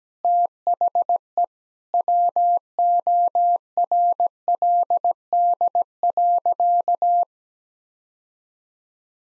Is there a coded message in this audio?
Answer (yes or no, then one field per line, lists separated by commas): yes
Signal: Morse code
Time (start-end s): 0.2-7.2 s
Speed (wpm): 17 wpm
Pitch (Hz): 700 Hz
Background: none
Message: THE WORLD.